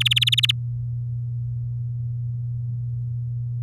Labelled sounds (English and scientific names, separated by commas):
Domestic Canary (Serinus canaria) song